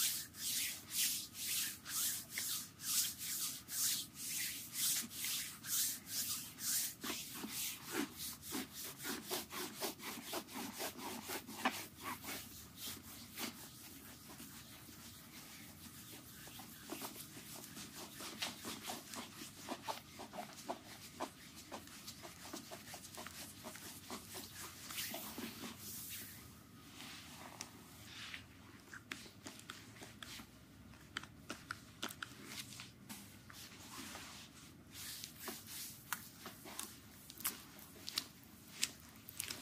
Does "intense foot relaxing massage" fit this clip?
yes